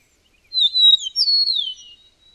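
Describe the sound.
Bird song: one loud phrase of high whistled slurs, rising and falling then sliding down, lasting about a second and a half.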